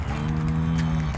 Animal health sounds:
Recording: contact call of a hoofed animal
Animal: cattle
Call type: low-frequency (closed-mouth) or high-frequency (open-mouth) call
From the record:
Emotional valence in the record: negative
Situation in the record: full separation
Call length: 1.17 s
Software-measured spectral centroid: 2460 Hz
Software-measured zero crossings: 800 a second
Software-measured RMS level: -24 dBFS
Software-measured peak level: -14 dBFS

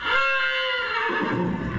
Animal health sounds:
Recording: contact call of a hoofed animal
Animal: horse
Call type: whinny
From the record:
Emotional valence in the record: negative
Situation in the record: separation from one group member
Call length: 1.79 s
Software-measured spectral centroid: 1880 Hz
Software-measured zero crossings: 2730 a second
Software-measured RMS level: -24 dBFS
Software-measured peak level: -10 dBFS

